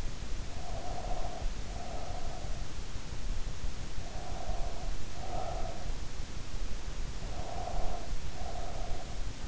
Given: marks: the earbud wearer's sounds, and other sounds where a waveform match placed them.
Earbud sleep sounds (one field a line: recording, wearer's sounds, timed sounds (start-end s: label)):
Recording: sounds in sleep by an in-ear microphone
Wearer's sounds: breath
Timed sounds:
0.35-2.68 s: breath
3.98-6.03 s: breath
7.27-9.48 s: breath